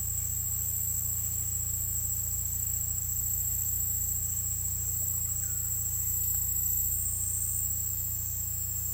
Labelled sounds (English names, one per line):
none